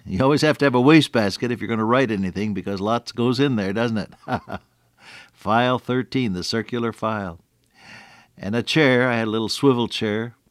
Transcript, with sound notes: You always have to have a waste basket if you’re gonna write anything because lots goes in there, doesn’t it? [chuckle] File 13, the circular file and a chair, I had a little swivel chair.